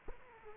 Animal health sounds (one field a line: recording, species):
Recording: mosquito wingbeat signal from an infrared sensor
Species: Aedes aegypti